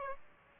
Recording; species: mosquito wingbeat signal from an infrared sensor; Aedes aegypti